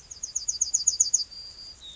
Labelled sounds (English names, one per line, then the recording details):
Yellowhammer song
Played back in grassland
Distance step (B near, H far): D
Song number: 162